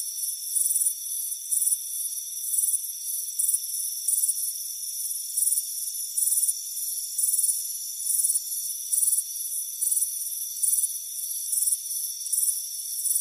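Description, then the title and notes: Crickets give high trilled chirps in uneven bursts, over a continuous high whine. "Soothing Crickets Chirping Sound. It's a warm afternoon as you relax in a hammock on the front porch. Deep Sleep Sounds"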